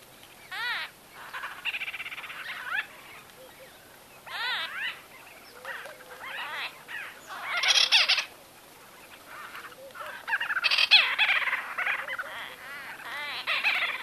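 White-fronted bee-eaters producing bursts of rough, rolling calls separated by short lulls, several birds overlapping in the louder stretches.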